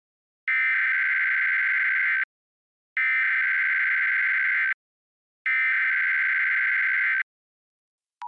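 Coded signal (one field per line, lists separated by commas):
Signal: Emergency Alert System (SAME) tones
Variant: header bursts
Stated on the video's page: Fictional EAS scenario based on the 1990s TV film "Without Warning", retold through modern-day broadcast equipment.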